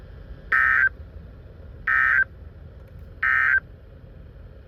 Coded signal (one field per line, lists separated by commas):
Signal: Emergency Alert System (SAME) tones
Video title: The Typical (EAS 536-548)